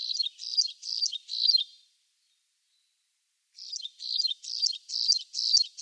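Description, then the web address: Graceful prinia song: high, buzzy, chirping notes repeated two or three times a second in two bursts separated by a pause of nearly two seconds. "Schulze Peter Graceful Prinia song"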